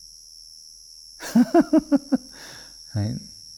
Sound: laughing